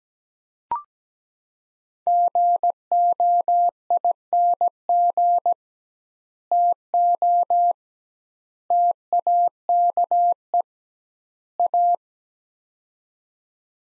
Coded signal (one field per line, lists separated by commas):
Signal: Morse code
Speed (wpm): 17 wpm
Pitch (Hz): 700 Hz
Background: none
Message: GOING TO TAKE A